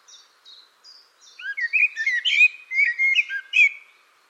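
Bird song with a few faint high notes, then a loud jumble of slurred chirps and whistles running for about two seconds.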